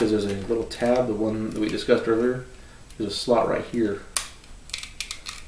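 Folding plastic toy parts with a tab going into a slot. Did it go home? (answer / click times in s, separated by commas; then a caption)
yes / 5.0 s. Someone talks while folding down the plastic panels of a 2001 Robots In Disguise "Brave Maximus" transforming toy and pushing them in so a tab goes into a slot. A quick run of small sharp clicks follows, and the panels click into place at 5.0 s.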